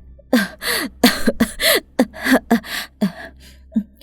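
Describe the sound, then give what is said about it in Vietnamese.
A woman gives a string of harsh, dry coughs in quick succession, giving way to short, rapid panting breaths that grow fainter toward the end, with no talking. “ho khan vài tiếng rồi thở gấp.”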